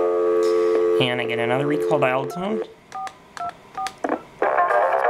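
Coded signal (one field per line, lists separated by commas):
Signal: DTMF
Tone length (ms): 110 ms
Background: speech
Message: 2424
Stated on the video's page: DTMF dialing on a telephone line demonstrating the Centrex Call Hold feature on an ESS switch.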